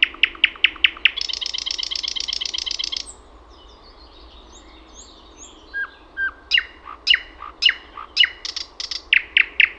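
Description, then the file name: Thrush nightingale song: a quick run of sharp repeated notes, then a dense buzzy rattle for two seconds, a pause, and scattered clear whistles and clicking notes. "SATAKIELI"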